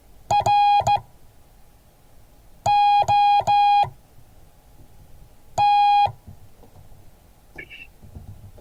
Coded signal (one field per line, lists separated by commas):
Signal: Morse code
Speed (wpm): 16 wpm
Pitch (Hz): 820 Hz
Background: speech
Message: ROT